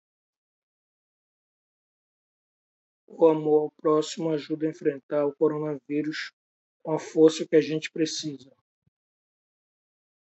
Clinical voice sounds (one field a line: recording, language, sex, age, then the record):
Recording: spoken sentence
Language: Brazilian Portuguese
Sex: male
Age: 40 to 49 years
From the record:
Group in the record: control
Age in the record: 49 years